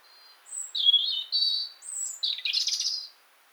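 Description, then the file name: European robin singing a short phrase of thin, high whistled notes, a sweet warble followed by a faster twittering flourish at the end. "Erithacus rubecula"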